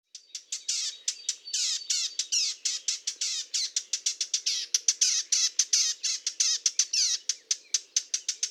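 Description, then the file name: Eurasian blackcap calls: sharp, hard clicks repeated rapidly and continuously, several per second, without pause. "Sylvia atricapilla"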